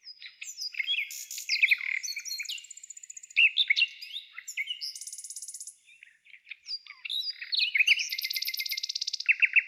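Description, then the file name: Nightingale delivering quick changing phrases of sharp clicks, buzzy churrs and liquid trills, closing with a rapid series of repeated notes. "solovei"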